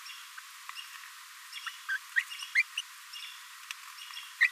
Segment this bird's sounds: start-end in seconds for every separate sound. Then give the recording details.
1.66-1.69, 1.89-1.98, 2.16-2.20, 2.55-2.62, 2.77-2.81, 4.41-4.47. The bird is a male. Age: 22 days. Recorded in a nest box in Venezuela. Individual 17B42A3